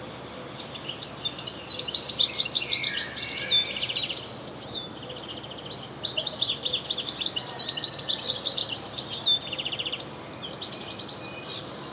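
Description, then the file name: European goldfinch song: long bursts of quick, liquid twittering and chirps, pausing briefly mid-way, with a nasal buzzy trill toward the close. "Carduelis carduelis"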